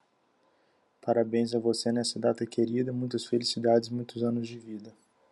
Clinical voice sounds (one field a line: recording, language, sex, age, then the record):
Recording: short text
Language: Brazilian Portuguese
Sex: male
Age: 20 to 29 years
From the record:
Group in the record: control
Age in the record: 25 years